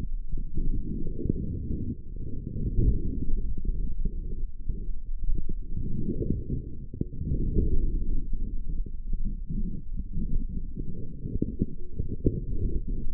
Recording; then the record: forearm muscle sounds (acoustic myography)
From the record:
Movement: forearm supination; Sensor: system 3, bracelet of six PUI Audio POM-2738L microphones around the upper forearm, with dedicated amplification and filtering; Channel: 6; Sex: male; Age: 25 years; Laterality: right